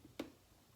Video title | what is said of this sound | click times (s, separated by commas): R&R Onewheel motor/wheel | pop off the front, you'll hear it click, | 0.2 s